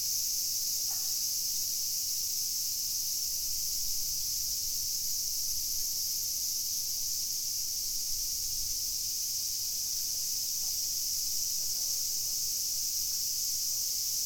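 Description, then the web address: Cicada: a constant high, sizzling cicada drone fills the whole recording without pause, with only faint scattered ticks beneath it. Recorded 2 August 2021. "fukudai fu cicada"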